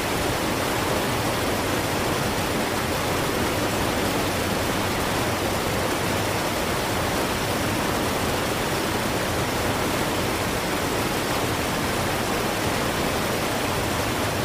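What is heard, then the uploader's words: A waterfall roars without pause, a dense, even rush of falling water that fills everything from low rumble to bright hiss. The level stays flat across the whole stretch, with no separate splashes or other sounds standing out. Waterfall Sound.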